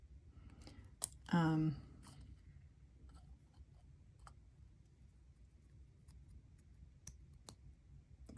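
A plastic cap is pushed onto the body of a LAMY 2000 black Makrolon fountain pen and snaps into place at 1.0 seconds with a very small, sharp click. The click comes from two small protruding points above the grip section. Shortly after the click, someone talks, and a few faint ticks follow later in the quiet.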